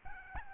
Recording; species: mosquito wingbeat signal from an infrared sensor; Aedes albopictus